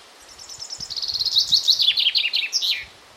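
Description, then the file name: Common chaffinch song: a rapid series of bright notes descending in pitch and ending with a sharp flourish. "Fringilla coelebs"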